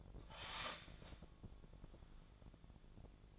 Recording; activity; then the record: daily activity, microphone in the room; start toaster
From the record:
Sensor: 5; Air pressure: 1000.3 hPa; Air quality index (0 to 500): 126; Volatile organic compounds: 2 ppm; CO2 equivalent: 1002 ppm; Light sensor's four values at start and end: 85/199/85/92 and 85/199/85/92